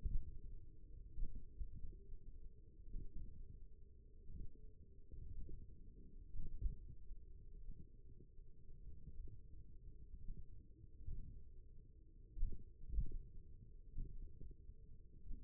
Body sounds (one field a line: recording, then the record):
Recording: forearm muscle sounds (acoustic myography)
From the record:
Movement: finger pinch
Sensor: system 1, eight BSWA MPA416 microphones around the upper forearm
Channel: 2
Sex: male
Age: 28 years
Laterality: right